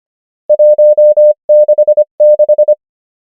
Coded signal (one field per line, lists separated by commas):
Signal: Morse code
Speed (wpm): 25 wpm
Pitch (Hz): 600 Hz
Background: none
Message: 1 6 6